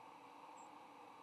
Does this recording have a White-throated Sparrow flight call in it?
yes